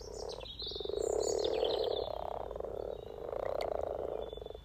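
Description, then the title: Frogs purring together in swells of low croaking, with birds chirping. Spring chorus of 20 frogs in a sunny garden pond, some floating or sitting on fresh frogspawn, greeting arriving females; Freshfield, Formby, Merseyside, UK, sunny St Patrick's Day, 17 March 2023. "Frog Chorus Spring sounds first Lunch outside St Patrick’s day 17 March 2023 . Freshfield, Formby"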